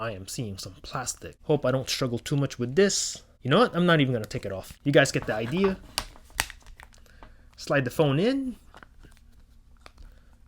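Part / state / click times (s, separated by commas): plastic/TPU hybrid case onto a smartphone / not seated / none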